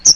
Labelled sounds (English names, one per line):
Chestnut-sided Warbler flight call